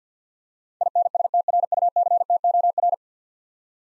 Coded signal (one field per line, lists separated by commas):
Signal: Morse code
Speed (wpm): 50 wpm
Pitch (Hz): 700 Hz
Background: none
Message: INSTRUCTOR